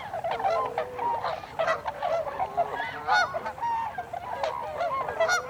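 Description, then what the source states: Tundra swans calling, many birds overlapping, with distinct bugled notes and short rising and falling yelps coming in bursts. Tundra swans, 26 December 2020.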